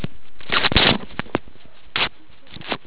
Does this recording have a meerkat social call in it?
no